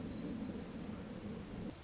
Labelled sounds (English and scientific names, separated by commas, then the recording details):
Orange-crowned Warbler (Leiothlypis celata)
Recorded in Sonoma County, California